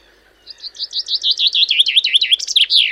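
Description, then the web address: Common chaffinch song, a loud run of repeated downslurred notes gradually dropping in pitch, closing with a brief emphatic flourish. "Deverinetal"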